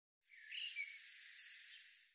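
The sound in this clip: Eurasian blue tit calling: thin lower notes, then four quick, very high notes in a rapid burst.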